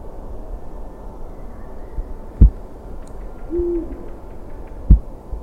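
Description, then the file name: Eurasian eagle-owl hoot: one short, low, steady hoot near the middle, with two sharp knocks and a constant low background rumble. "uhu"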